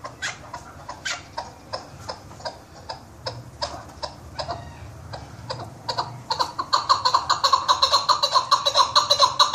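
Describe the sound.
Partridge calls: sharp clucking notes repeated about twice a second, then a louder, faster chattering run of harsh notes in the final few seconds, over a low background hum.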